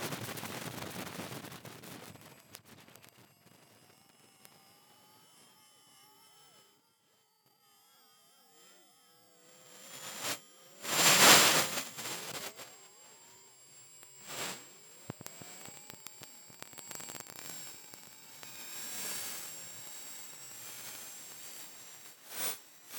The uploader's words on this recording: Placed infrasound (below audible frequency sound) microphones 22 miles above the Earth in order to quantify the acoustic wavefield of the stratosphere. The signals may originate from clear air turbulence, aircraft, wind farms, ocean waves, and cable vibrations on the balloon. The sound files featured here have been sped up by 1000 times to bring the signals into audible range.